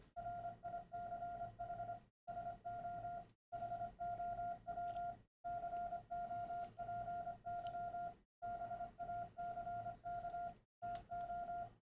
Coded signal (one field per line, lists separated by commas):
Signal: Morse code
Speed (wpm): 25 wpm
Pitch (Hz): 700 Hz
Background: none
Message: RICH SO HOW COPY BACK TO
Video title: MRP40 Morse Decoder & Sender Voice To CW